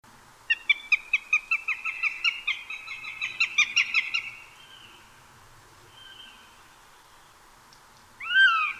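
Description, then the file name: Eurasian jay giving a rapid run of clicking, harmonic notes that merge into a drawn-out tone, then a single call near the end. "Garrulus glandarius"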